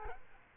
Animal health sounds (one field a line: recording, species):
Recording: mosquito wingbeat signal from an infrared sensor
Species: Aedes aegypti